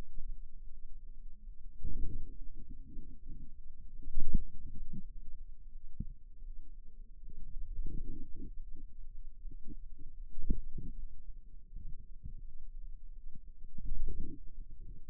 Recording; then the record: forearm muscle sounds (acoustic myography)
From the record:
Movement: radial deviation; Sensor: system 2, bracelet of six BSWA MPA416 microphones around the upper forearm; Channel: 3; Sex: female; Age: 23 years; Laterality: right